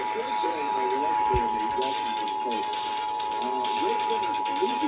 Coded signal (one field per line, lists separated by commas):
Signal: Emergency Alert System (SAME) tones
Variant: 853 and 960 Hz attention tone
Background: speech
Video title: Tests And Alerts - EAS 1145 - 1239-